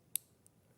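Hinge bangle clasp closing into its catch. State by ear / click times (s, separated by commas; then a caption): seated / 0.2 s. A sterling silver hinge bangle set with black jadeite and zircon has its clasp closed into its catch. A sharp, bright click rings out at 0.2 s, and a much fainter tick follows at 0.5 s. The clasp clicks shut and is seated.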